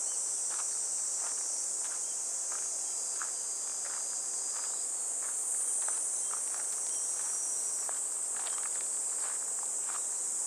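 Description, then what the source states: A shrill, level cicada drone fills the air without pause, over quiet footsteps on a path. Recorded on a walk along a riverbank path on a fresh, clear morning, heading toward a weir where water falls like a waterfall; cicada voices gradually give way to falling water.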